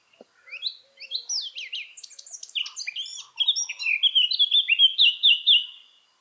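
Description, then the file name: Eurasian blackcap song: fast scratchy warbling that breaks into a bright run of clear, downward-sliding fluted notes. "Sylvia atricapilla"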